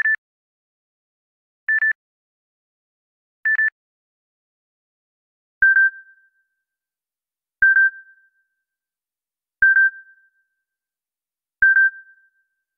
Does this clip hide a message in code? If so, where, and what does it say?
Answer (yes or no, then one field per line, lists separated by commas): no